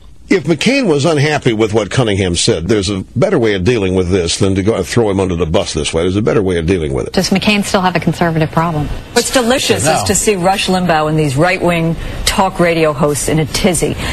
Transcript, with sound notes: If McCain was unhappy with what Cunningham said, there's a better way of dealing with this than to throw him under the bus this way. There's a better way of dealing with it.
[impersonating McCain] Does McCain still have a conservative problem?
What's delicious is to see Rush Limbaugh and these right-wing talk-radio hosts in a tizzy.